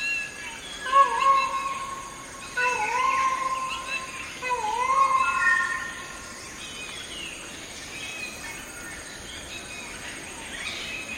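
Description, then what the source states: Black-hooded oriole calls: a few nasal, downslurred mewing notes with a slight dip, over a noisy background. Soundscape.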